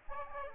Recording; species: mosquito wingbeat signal from an infrared sensor; Aedes aegypti